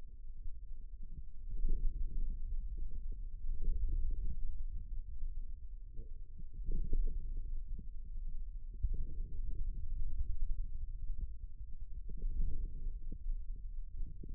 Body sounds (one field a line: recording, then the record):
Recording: forearm muscle sounds (acoustic myography)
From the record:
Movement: radial deviation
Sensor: system 2, bracelet of six BSWA MPA416 microphones around the upper forearm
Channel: 4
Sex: male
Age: 22 years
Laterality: right